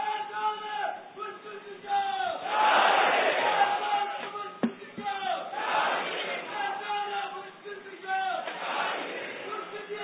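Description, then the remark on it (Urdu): A large crowd chants the Dawat-e-Islami religious slogan "Faizan-e-Mushkil Kusha" in unison, the loud swell of voices rising and falling in repeated waves about every three seconds, with a single voice leading between the chants. “فیضان مشکل کشا, فیضان مشکل کشا, فیضان مشکل کشا, وہ اسی نعرے کو لگانے کی عادت بنائیے.”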